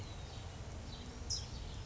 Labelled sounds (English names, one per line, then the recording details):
California Towhee
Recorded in Sonoma County, California